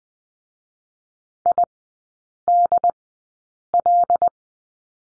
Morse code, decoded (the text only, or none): IDL